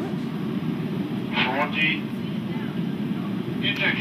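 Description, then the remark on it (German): A steady, heavy drone of airplane engines under strong thrust as the plane climbs steeply, a constant low roar that holds its loudness throughout, with a couple of brief hissing bursts riding over it. “Das Flugzeug steigt mit starkem Schub steil auf.”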